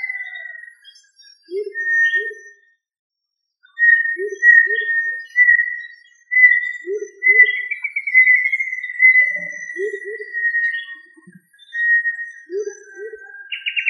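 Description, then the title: Tinamou calls: long, level whistled notes, with pairs of short, low notes repeated every few seconds beneath them. "Familia Tinamidae - Quail - Puyuh"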